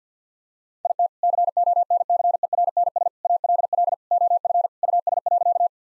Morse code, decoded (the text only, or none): IT CONCERNS ALL OF US.